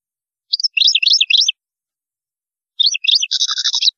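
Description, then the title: European goldfinch song: two quick bursts of liquid twittering, the second ending in a dry buzzy trill. "Chant Chardonneret"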